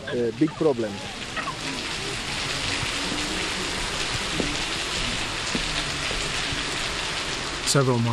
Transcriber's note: the sound of a hard rain